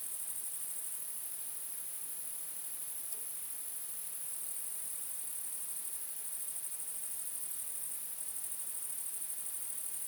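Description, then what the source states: Bush crickets giving an unbroken, high, sizzling trill at constant pitch and loudness throughout, with one faint brief tick. More than one bush cricket.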